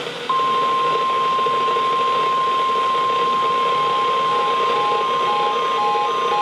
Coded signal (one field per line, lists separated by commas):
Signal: Emergency Alert System (SAME) tones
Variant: 1050 Hz attention tone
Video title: EAS #1484-#1501: Ping Pong Ball Sized Hail | WXL60 & WZ2500